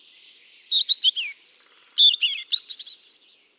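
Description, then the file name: European robin song, one dense phrase of liquid, fast-changing notes mixed with very high thin whistles. "Erithacus rubecula"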